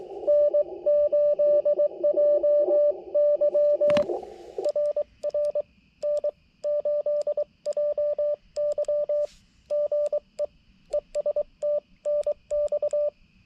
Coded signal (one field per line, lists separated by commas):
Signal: Morse code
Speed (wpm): 22 wpm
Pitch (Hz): 590 Hz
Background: radio noise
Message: N8JY RR N8JY GE ES TNX